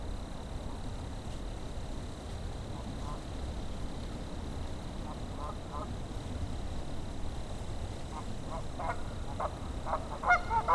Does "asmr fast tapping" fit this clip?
no